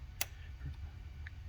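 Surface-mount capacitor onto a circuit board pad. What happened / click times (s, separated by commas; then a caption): A tiny component ticks into place on the board / 0.2 s. A surface-mount capacitor is held down with tweezers on a heated pad of a circuit board and clicks into place with a sharp, bright click at 0.2 s, so the part is seated. Fainter ticks follow near 1.3 s and 1.5 s over a steady low hum.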